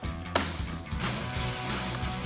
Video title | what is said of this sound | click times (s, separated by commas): Jeep Gladiator JT RedRock Fender Flare Extensions Review & Install | and then just pinch down on this until it snaps. | 0.4 s